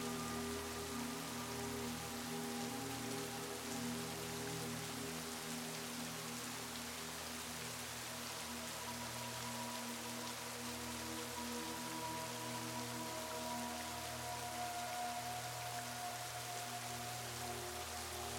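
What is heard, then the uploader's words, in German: A gentle rain shower falls with a dense, even hiss of drops that never lets up. Underneath, soft relaxing music holds long, sustained low and middle tones that shift slowly, and the overall level stays steady throughout. Klang eines sanften Regenschauers und sorgfältig komponierter entspannender Musik.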